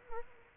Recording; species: mosquito wingbeat signal from an infrared sensor; Culex quinquefasciatus